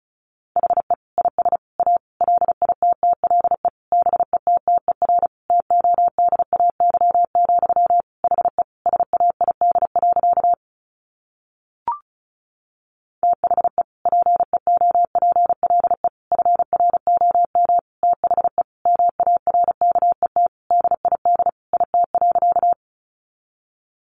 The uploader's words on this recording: Sentences from Top 600 Words 35wpm. First, the words are sent in Morse code.